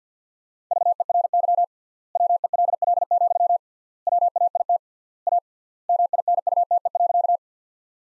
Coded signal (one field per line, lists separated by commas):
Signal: Morse code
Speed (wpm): 50 wpm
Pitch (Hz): 700 Hz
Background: none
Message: VERY WELL, WAIT A MINUTE.